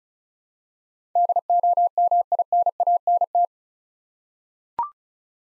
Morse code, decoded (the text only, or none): DOMINANT